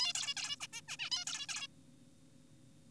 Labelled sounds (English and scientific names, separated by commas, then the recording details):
Zebra Finch (Taeniopygia guttata)
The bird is an adult
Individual g4p5U